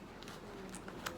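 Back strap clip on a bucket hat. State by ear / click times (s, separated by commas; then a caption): released / 1.1 s. The back strap clip on a bucket hat is held and slid off to unfasten it. After a few faint ticks, a small, sharp click-like hit comes at 1.1 s as the clip releases.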